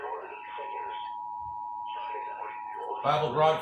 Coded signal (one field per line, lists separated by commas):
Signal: Emergency Alert System (SAME) tones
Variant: 853 and 960 Hz attention tone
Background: speech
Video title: Richmond VA EAS test alert